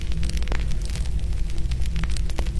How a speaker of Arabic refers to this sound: على فكرة انا عايز اقول لكم حاجة، النار بدأت توصل للأوضة بتاعتي